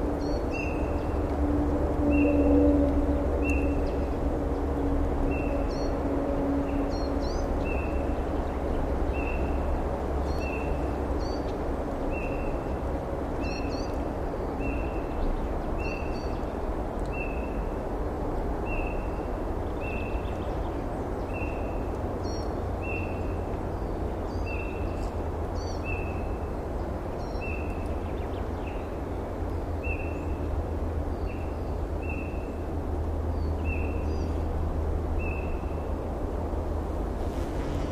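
Birds call in a forest, one voice repeating a short, bright chirp at a steady pace, roughly twice a second, throughout. Fainter calls flicker higher above it. Underneath runs a constant low rumble, like traffic, with a slight swell near the start.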